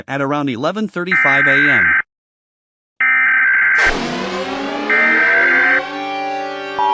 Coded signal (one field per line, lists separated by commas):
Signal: Emergency Alert System (SAME) tones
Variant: header bursts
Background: speech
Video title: Just a random low quality EAS vid @JEMTheEASGuy2026